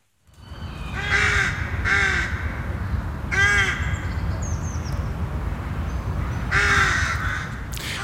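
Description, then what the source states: Rook cawing: harsh, hoarse caws, a quick pair then two single calls spaced a few seconds apart, over a steady low rumbling background. Sounds a bit like a duck, such as a mallard.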